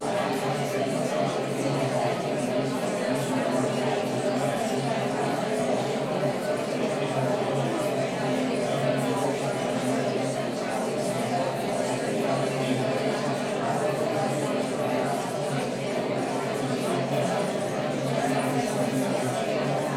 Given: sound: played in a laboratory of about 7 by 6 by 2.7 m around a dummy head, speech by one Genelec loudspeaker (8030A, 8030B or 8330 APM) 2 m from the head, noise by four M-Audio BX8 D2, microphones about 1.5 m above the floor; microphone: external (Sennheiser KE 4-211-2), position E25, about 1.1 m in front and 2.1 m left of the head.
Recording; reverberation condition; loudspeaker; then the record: babble noise; medium; four, about 170 cm from the corners of the room and facing them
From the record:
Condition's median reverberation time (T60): about 510 ms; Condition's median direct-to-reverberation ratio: about -0.5 dB